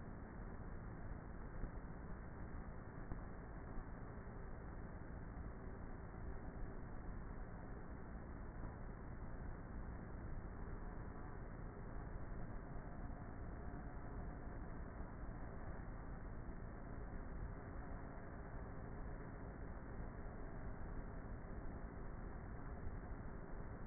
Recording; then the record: honeybee colony, microphone inside the hive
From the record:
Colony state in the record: queenless with a low population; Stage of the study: before two queens were removed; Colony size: about 30,000 bees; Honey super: no